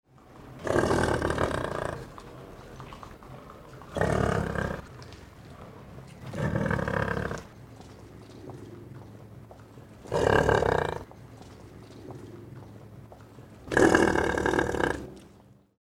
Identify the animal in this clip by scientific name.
Bison bonasus